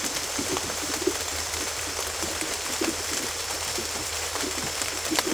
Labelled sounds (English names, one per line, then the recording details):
none
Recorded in dense forest near Puerto Asís, Putumayo, Colombia, on 22 December 2024 at 18:00
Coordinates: 0.482, -76.320
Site G021